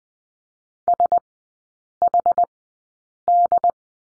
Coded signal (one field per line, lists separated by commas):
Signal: Morse code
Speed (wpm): 20 wpm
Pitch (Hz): 700 Hz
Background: none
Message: SHD